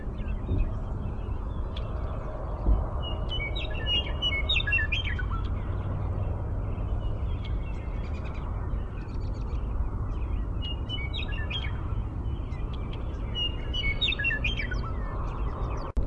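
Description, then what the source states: Western meadowlark song: quieter bursts of quick warbled and slurred notes, given several times, over constant low-pitched background noise. Primary song.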